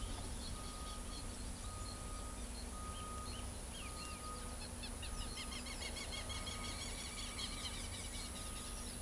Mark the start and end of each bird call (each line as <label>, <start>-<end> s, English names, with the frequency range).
Great Kiskadee (1.9-3.4 kHz), 2.93-4.21 s
Southern Lapwing (1.4-8.3 kHz), 4.61-8.94 s